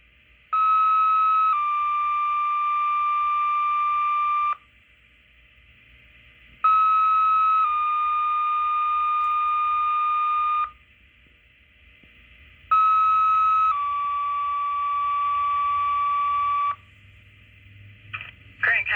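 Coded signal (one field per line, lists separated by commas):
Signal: two-tone page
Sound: three two-tone pages: a short higher tone stepping to a longer slightly lower tone, each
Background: radio static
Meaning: This tone pair pages out Fennimore Fire and EMS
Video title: Fennimore fire and ems tone out for fire alarm. later cancled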